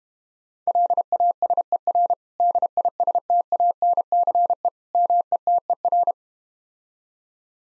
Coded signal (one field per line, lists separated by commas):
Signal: Morse code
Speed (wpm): 33 wpm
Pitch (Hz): 700 Hz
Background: none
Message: LASER DISTANCE METER